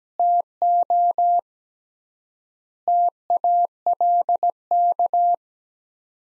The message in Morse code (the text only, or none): TO TALK